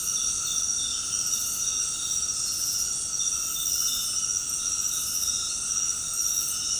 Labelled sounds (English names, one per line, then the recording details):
none
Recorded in secondary vegetation near Puerto Asís, Putumayo, Colombia, on 19 February 2024 at 22:00
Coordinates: 0.468, -76.324
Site G6381